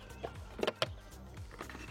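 A small plastic water-fill funnel is clipped directly onto a camper van's fresh-water filler inlet. After a few soft knocks, a sharp snap at 0.8 s marks it seating in place, followed by lighter taps, and someone talks.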